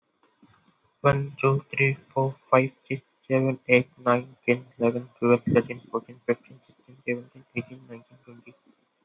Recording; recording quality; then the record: counting at a normal pace; excellent, no background noise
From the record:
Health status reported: healthy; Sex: male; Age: 18 years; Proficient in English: yes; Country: India